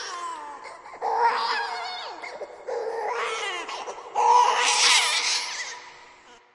Angry baby cry.